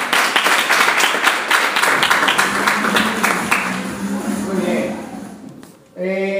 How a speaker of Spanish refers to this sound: vamos a darle un fuerte aplauso a Álvaro